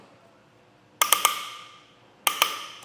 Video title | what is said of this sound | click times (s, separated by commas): etrailer - Thule WingBar Evo Roof Rack Install Made Easy - 2024 Nissan Rogue | That's how you can tell it's all the way tightened down when you hear that click. | 1.0 s, 2.3 s